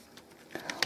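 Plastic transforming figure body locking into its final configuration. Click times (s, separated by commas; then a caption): 0.8 s. A plastic transforming action figure is flipped twice until it snaps into its final form, with light plastic ticks at about 0.2, 0.6 and 0.7 seconds. At 0.8 seconds a sharp, loud crack marks the body locking into place, and the transformation is complete.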